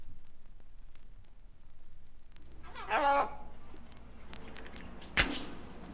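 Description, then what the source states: Parrot talking: one short, harmonic, voice-like word midway through, then a sharp click over a low steady hum. Talking parrot saying "hello".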